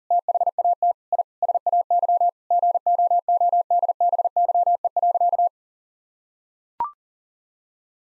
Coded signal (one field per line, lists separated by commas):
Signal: Morse code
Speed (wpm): 40 wpm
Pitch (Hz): 700 Hz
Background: none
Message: THAT I SAY GOODBYE.